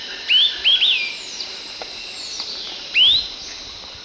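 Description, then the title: Bird giving three short whistled notes in quick succession, then after a pause a longer rising whistle, over light background hiss. "LuckyPassaro Completos2Sama"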